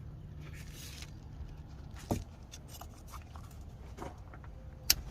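An electrical plug is pressed onto a fuel line sensor on a DD13/DD15/DD16 diesel engine in a Freightliner Cascadia during fuel injector line seal replacement. Amid low background rumble and a dull knock near 2.1 s, a single sharp click rings out at 4.9 s. The connector is seated.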